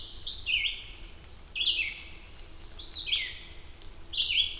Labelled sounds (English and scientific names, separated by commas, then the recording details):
Red-eyed Vireo (Vireo olivaceus) song
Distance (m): 5 m
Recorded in boreal forest in Alberta, Canada, on 2 June 2016 at 07:52
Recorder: SongMeter 3, array SBT-3-7
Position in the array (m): 74 m, 141 m